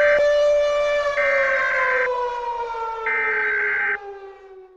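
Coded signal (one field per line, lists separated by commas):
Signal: Emergency Alert System (SAME) tones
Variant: header bursts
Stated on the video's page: Fictional EAS scenario about nuclear missiles striking Chile; not a real alert.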